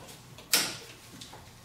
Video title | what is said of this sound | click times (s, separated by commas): 2008-2012 Ford Escape Transmission Fluid Leak: A/C Condenser Replacement | you'll see them it'll just simply click right into them and | 0.5 s